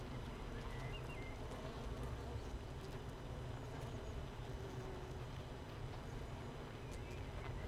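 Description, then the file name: Honey bee hive drone, steady and low, broken only by a couple of faint short chirps. Hive 1 with no queen, recorded 31 May 2018, apparently at 15:30. "Hive 1 31 05 2018 NO Queen Bee H 1 audio 15 30 00"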